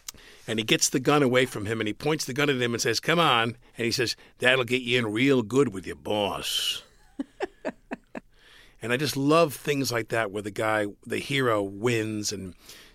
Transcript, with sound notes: And he gets the gun away from him and he points the gun at him and says, come on. And he says, that will get you in real good with your boss.
(Laughter).
And I just love things like that, where the guy - the hero wins.